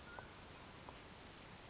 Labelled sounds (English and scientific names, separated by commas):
Mountain Quail (Oreortyx pictus)